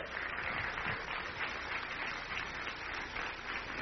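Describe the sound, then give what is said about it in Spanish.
A church audience claps in praise of the Lord after a prayer, steadily for several seconds, a dense, continuous patter of many hands at a fairly even loudness, with no voices standing out above it. “Denle un aplauso al Señor, que Él es bueno.”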